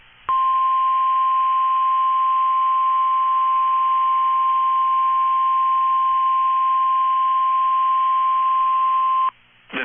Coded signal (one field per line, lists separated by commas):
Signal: Emergency Alert System (SAME) tones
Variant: 1050 Hz attention tone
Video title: EAS #40: Special Marine Warning (3/5/25)